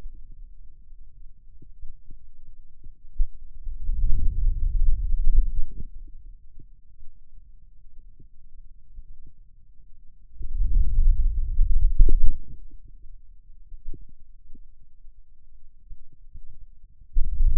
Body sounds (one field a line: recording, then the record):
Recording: forearm muscle sounds (acoustic myography)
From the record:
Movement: wrist extension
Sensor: system 2, bracelet of six BSWA MPA416 microphones around the upper forearm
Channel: 2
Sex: male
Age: 22 years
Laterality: right